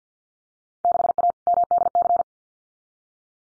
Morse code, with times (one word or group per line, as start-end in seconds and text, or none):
0.8-1.3 6A
1.5-2.2 MDC